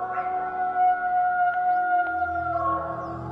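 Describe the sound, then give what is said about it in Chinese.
A Falkland Islands wolf, a species that went extinct in 1875, vocalizing: a long, steady, howl-like tone with rich layered harmonics, held for about three seconds at moderate loudness, with no talking. “南极狼于1875年灭绝”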